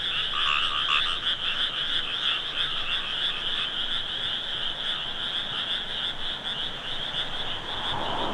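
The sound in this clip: Frog chorus of rapid, rhythmic buzzing pulses, several a second, that blur into a steady whirring drone throughout.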